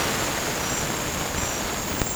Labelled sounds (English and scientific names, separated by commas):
none